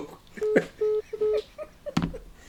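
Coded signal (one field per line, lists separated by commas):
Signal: none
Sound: radio show sound effect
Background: speech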